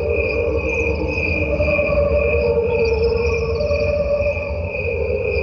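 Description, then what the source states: Crickets, slowed down and played with crickets at normal speed: a steady layered chorus of high sustained tones over deep, choral-sounding drones. Crickets slowed down electronically, played together with crickets at normal speed; the slowed crickets sound like angels underwater.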